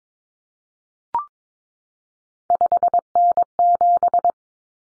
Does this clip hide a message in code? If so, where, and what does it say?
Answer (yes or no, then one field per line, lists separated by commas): yes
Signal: Morse code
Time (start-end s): 2.5-4.3 s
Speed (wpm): 22 wpm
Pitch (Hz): 700 Hz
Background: none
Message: 5N7